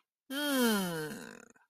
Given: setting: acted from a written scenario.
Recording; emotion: vocal sound without words; pride